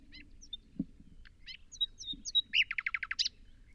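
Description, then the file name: Common nightingale song: scattered thin whistled notes, then a rapid rattling series of loud repeated notes finishing with a harsh high note; faint low thumps beneath. "Luscinia megarhynchos"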